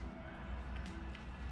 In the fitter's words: we click it in and then it snaps into place